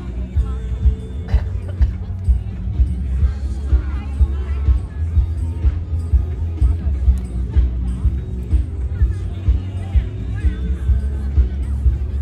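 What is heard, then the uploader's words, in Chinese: Live sound from a music festival: a heavy, steady bass thump runs throughout with a regular pulse, while a crowd chatters and voices talk over it. The mix stays dense and fairly even in loudness for the whole stretch. 錄音來自2020年漂遊者音樂祭現場收音，是真的噪音，但能讓你真實感受音樂祭的躁動與歡樂。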